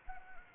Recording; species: mosquito wingbeat signal from an infrared sensor; Anopheles gambiae